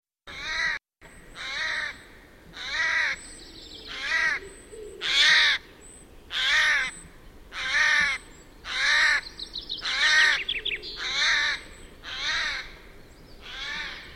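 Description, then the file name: Eurasian jay screeching: harsh, rasping shrieks repeated roughly every 1.2 seconds, about a dozen in all. "Garrulus glandarius"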